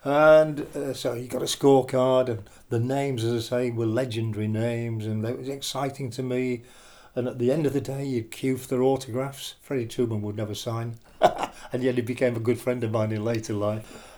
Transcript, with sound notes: And, er, so you got a scorecard, the names as I say were legendary names and it was exciting to me, and at the end of the day you’d queue for their autographs, Freddy Trueman would never sign,, [laughter] and then he became a good friend of mine in later life.